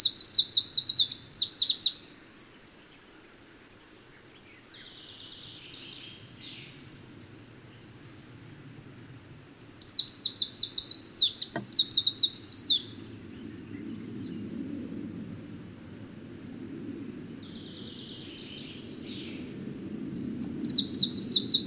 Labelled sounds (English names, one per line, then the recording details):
Greenish Warbler song
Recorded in the wild
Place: Sassnitz, Insel Rügen, Mecklenburg-Vorpommern, DE
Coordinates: 54.565, 13.615
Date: 1978-06-16
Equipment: Nagra III BH, Sennheiser MD 21, parabola
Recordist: Schubert, Michael
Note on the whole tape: Spontangesang Grüner Laubsänger (Flugzeuglärm)